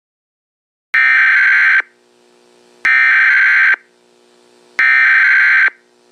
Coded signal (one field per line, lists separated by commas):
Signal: Emergency Alert System (SAME) tones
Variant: header bursts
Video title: Planet X (An EAS Scenario)